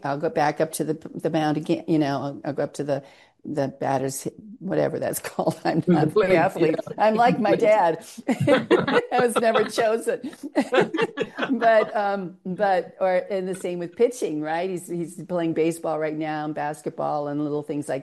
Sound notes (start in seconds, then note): 6.0 laughs; 10.3 laughs